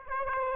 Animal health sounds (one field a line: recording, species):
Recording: mosquito wingbeat signal from an infrared sensor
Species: Aedes aegypti